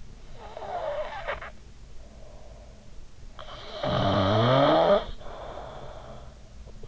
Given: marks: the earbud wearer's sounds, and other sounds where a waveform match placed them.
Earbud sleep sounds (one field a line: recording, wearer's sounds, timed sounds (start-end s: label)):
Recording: sounds in sleep by an in-ear microphone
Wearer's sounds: snoring breath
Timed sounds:
0.00-1.94 s: snoring breath
3.08-6.33 s: snoring breath